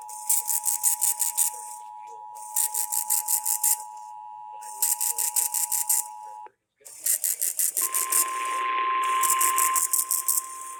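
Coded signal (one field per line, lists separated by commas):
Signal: Emergency Alert System (SAME) tones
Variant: 853 and 960 Hz attention tone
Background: speech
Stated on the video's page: EAS tests including a California tsunami drill.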